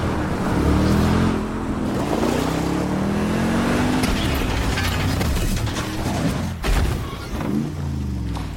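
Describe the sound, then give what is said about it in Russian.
A car engine roars loudly at full speed, its pitch rising and falling, then a sudden crashing impact breaks through late on as the car drives into closed gates, followed by rattling metal and the engine continuing. “Машина на полном ходу въезжает в закрытые ворота.”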